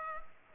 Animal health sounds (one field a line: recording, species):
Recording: mosquito wingbeat signal from an infrared sensor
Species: Culex pipiens